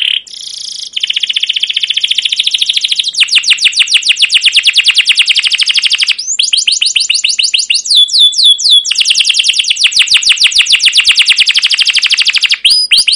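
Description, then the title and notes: Canary song made of continuous rapid trills, changing phrase type several times, with short bursts of slower falling whistled notes between the fast rolling sections. Continuous, long song ('gacor panjang', 'cuit cuit ngerol') meant as a lure and master tutor for training young caged canaries to learn sounds. "CUIT CUIT NGEROL LANGSUNG GACOR PANJANG Kenari Pancingan KENAR. PANCINGAN Kenari GACOR PANJANG Cuit CUIT EMOSI MASTERAN Kenari PAUD belajar BUNYI. burung kenari"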